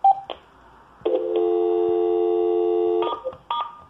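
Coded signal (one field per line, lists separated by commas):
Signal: telephone call progress tone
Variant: North America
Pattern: dial tone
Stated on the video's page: Telephone tone from a Xlink BT-2 system connected to a phone.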